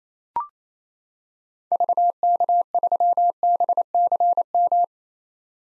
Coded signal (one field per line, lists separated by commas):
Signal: Morse code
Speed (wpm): 28 wpm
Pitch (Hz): 700 Hz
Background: none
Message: VK3BCM